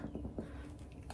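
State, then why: Not seated. A canning lid on a preserving jar is pressed to check its seal, and it flexes up and down with small, faint clicks over a low background hum. The lid has not sealed; nothing has seated yet, since a sealed lid would suction down and stay silent.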